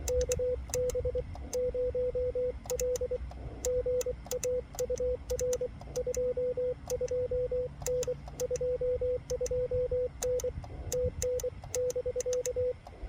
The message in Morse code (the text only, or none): KB0L GA UR 22N 22N TN<BK>